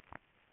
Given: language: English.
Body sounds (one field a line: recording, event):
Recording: throat vibration sensor signal played as sound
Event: swallow